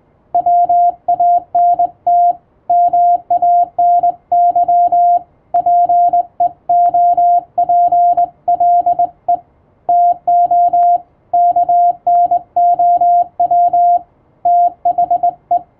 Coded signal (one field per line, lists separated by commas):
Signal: Morse code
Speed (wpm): 21 wpm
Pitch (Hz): 700 Hz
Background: radio noise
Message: WANT MANY PEOPLE TO KNOW THE